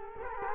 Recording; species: mosquito wingbeat signal from an infrared sensor; Culex quinquefasciatus